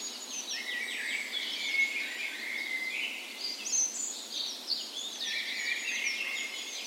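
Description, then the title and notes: Several birds join in a dawn chorus, rapid chattering phrases and bright whistles overlapping in a continuous high tapestry. Dawn chorus on the morning of 17 May, Norway's National Day, in a park west in Bergen, Norway, in spring; Sony PCM A10 recorder with LOM micro Usi mics as tree ears. "17th Of May Dawn Chorus. Recorded on the morning of Norways National Day the 17th of May in a park west in Bergen. Spring is in full effect, and the dawn chorus sounds wonderful!"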